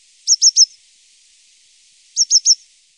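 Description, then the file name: Coal tit calling high, thin notes in two quick groups of three, the groups about two seconds apart. "Svartmes"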